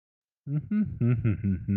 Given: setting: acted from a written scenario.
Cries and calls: vocal sound without words; confusion

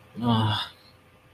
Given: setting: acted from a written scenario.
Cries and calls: vocal sound without words; disappointment

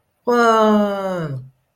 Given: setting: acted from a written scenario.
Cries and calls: vocal sound without words; positive surprise

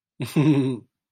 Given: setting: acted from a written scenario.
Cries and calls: vocal sound without words; amusement

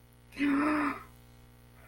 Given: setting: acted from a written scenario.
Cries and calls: vocal sound without words; fear

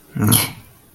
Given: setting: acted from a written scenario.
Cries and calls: vocal sound without words; contempt

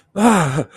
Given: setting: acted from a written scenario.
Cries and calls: vocal sound without words; fear

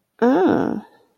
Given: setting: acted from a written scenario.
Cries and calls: vocal sound without words; desire

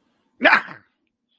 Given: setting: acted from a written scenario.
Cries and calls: vocal sound without words; pain

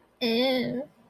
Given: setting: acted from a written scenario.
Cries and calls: vocal sound without words; shame

